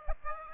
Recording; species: mosquito wingbeat signal from an infrared sensor; Aedes aegypti